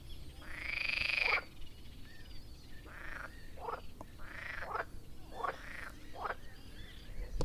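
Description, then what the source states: Frogs croaking: a long harsh croak, then a series of shorter rasping croaks in uneven bursts. Recorded at Lake Ptuj.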